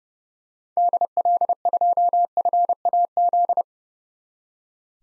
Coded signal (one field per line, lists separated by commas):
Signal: Morse code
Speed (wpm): 32 wpm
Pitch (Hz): 700 Hz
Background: none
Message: DL2FAZ